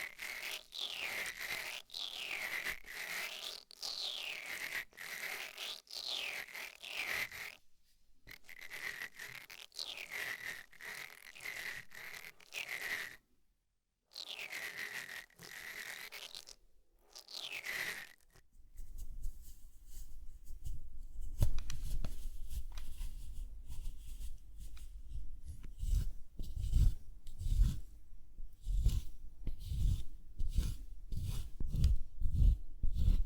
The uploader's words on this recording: TimASMR-ASMR 20+ Makeup Triggers For Sleep NO TALKING.